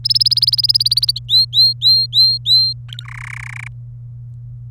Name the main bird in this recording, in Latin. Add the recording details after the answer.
Serinus canaria. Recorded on 27 April 2018 at 14:14. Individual llb3